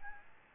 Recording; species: mosquito wingbeat signal from an infrared sensor; Aedes albopictus